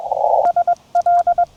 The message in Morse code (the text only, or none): SL